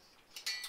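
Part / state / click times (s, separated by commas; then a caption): cooking pot onto canister stove burner / seated / 0.4 s. A cooking pot is dropped onto a screw-on, self-igniting 1.1 L canister fuel burner and locks into place, with a single quiet tick at 0.4 s. Louder, hissy high-frequency bursts follow from about 0.5 s to the end. The pot is seated on the burner.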